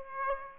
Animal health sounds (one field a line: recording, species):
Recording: mosquito wingbeat signal from an infrared sensor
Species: Aedes aegypti